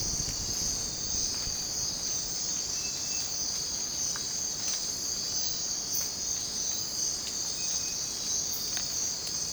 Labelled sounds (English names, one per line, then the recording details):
none
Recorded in dense forest near Puerto Asís, Putumayo, Colombia, on 20 December 2024 at 04:30
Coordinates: 0.466, -76.327
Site G075